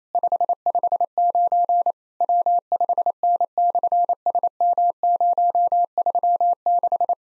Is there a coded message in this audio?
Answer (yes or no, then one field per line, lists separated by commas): yes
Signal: Morse code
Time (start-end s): 0.1-7.1 s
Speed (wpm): 28 wpm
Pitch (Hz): 700 Hz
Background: none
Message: 559 W5N/SM036